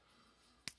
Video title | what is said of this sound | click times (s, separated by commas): TRANSFORMERS POWER CORE COMBINERS SLEDGER-HE'S LIKE A CONSTRUCTICON 11/5/22 | these up to form his arms and they click right into place flip | 0.7 s